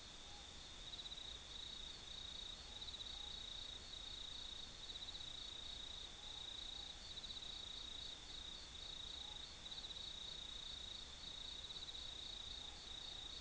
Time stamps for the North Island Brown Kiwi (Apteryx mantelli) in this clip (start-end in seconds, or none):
none